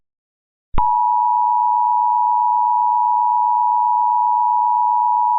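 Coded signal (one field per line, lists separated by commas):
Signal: Emergency Alert System (SAME) tones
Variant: 853 and 960 Hz attention tone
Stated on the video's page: Fictional mock alert using valid EAS tones.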